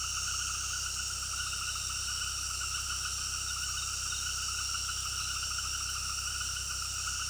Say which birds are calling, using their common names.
none